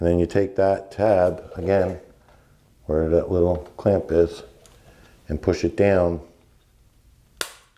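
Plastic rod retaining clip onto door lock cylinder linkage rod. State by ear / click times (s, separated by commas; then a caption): seated / 7.4 s. Someone talks while pressing the plastic retaining clip on the door latch rod down over the metal rod at the back of the lock cylinder, reinstalling it on a replacement door of a 2000 Chevy Silverado. After a quiet pause, a single sharp snap at 7.4 s marks the clip locking in place, securing the linkage rod.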